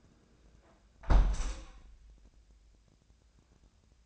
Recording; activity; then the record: daily activity, microphone in the room; close window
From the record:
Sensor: 2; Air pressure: 1012.2 hPa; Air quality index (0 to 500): 128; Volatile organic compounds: 1 ppm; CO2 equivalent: 947 ppm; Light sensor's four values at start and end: 168/404/170/178 and 168/405/170/177